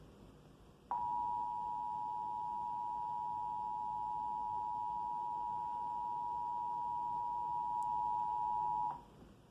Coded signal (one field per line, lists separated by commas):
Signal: Emergency Alert System (SAME) tones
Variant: 853 and 960 Hz attention tone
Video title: EAS #299: Required Monthly Test - Indiana (2/20/2020) (Comcast)